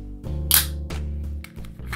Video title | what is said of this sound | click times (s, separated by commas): LEGO Ninjago Build - Quake Mech Set #70632 - Part 1 | the other one so we have both of those snapped on | 0.5 s